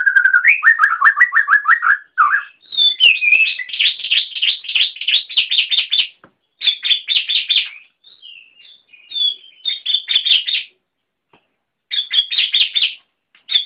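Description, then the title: Oriental magpie-robin song: low warbled phrases, then fast high chattering trills in bursts separated by brief silences. "Kicau Kacer"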